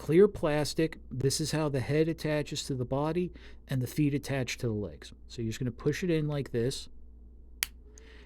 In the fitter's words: and you hear that snap that's it being locked into place which is good